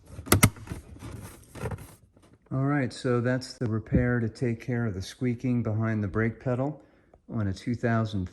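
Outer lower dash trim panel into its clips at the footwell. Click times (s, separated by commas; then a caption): 0.3 s, 0.4 s. The outer lower plastic trim panel under the dash by the brake pedal of a 2013 Tesla Model S 85 is lined up and pressed back into its clips at the footwell, giving two sharp snaps at 0.3 s and 0.4 s as it seats. Fainter handling noises follow, then someone talks about the repair to stop the squeaking behind the brake pedal.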